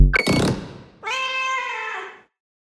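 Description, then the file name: Cat meowing once, a drawn-out harmonic mew lasting about a second, preceded by a sharp thud and clatter. "Cat SFX Meow"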